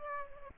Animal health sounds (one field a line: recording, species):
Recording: mosquito wingbeat signal from an infrared sensor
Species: Aedes albopictus